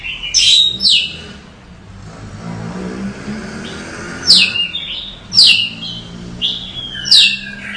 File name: suara burung kacer